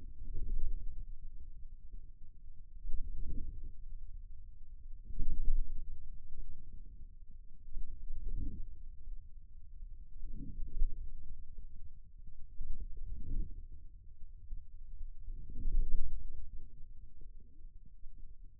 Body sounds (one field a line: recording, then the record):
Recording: forearm muscle sounds (acoustic myography)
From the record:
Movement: wrist flexion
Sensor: system 2, bracelet of six BSWA MPA416 microphones around the upper forearm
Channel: 1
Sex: male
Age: 22 years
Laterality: right